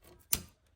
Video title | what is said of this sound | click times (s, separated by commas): Water Pump Replacement Ford F150 5.0 V8 2011-present 11 12 13 14 15 16 17 18 19 20 21 22 23 24 25 26 | When you put this hose back on there, make sure that it clicks in place | 0.3 s